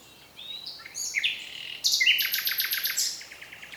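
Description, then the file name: Common nightingale singing a varied phrase: sliding whistles, then a loud burst of rapid repeated clicking notes and buzzy trills, ending in a fading series of ticks. "Luscinia megarhynchos"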